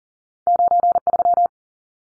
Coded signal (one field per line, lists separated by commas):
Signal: Morse code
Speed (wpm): 40 wpm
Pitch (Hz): 700 Hz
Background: none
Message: 93